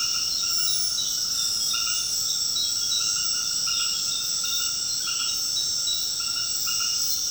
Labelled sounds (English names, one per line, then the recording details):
none
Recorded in secondary vegetation near Puerto Asís, Putumayo, Colombia, on 20 February 2024 at 21:00
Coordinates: 0.472, -76.331
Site G6371